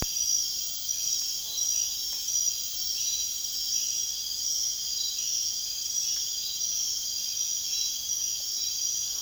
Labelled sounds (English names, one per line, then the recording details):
none
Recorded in dense forest near Puerto Asís, Putumayo, Colombia, on 22 June 2025 at 00:00
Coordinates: 0.466, -76.327
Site GP04